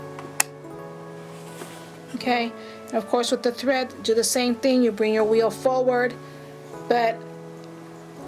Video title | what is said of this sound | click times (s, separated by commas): 🧵Fun Surprise Fun learning Thrifty Finds🪡(Part 4) | and then you let go of it and then when you hear the snap | 0.4 s